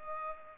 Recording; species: mosquito wingbeat signal from an infrared sensor; Culex pipiens